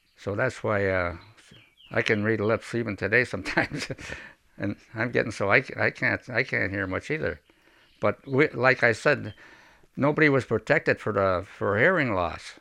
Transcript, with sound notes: So that's why I can read lips even today sometimes. (he laughs) I am getting so I, I can't, I can't hear much either, but like I said, nobody was protected for, for hearing loss.